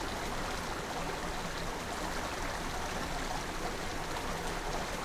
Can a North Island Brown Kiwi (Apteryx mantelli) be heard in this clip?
no